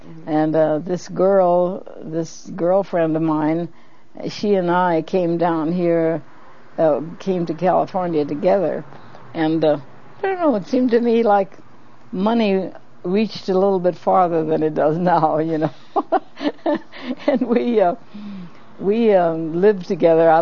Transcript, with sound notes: And this girl - this girlfriend of mine - she and I came down here - came to California together and - well it seemed to me like money reached a little bit farther than it does now, you know. (laughs) And we uh - we um, lived together.